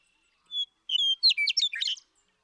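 Western meadowlark song: an opening whistle, then a cascade of rapid, liquid, gurgling notes in a single phrase.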